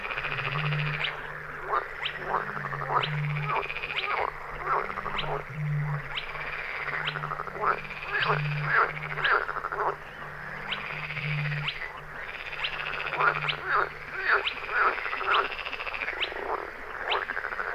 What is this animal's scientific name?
Porzana porzana